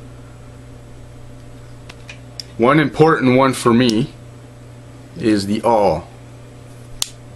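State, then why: Seated. Someone talks while opening the steel awl on a Leatherman Surge folding multitool, with a few faint ticks before the speech. A sharp click at 7.0 s marks the awl's blade lock engaging, and the awl locks open, seated firmly in the handle.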